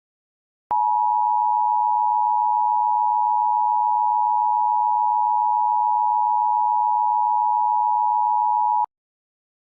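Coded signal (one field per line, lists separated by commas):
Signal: Emergency Alert System (SAME) tones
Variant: 853 and 960 Hz attention tone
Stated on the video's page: Fictional EAS doomsday scenario about a lunar collision, with the alert made using EAS Builder software.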